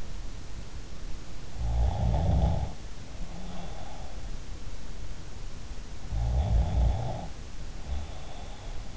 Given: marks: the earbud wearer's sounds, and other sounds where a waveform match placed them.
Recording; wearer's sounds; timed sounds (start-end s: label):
sounds in sleep by an in-ear microphone; snoring breath
1.63-4.12 s: snoring breath
6.13-8.97 s: snoring breath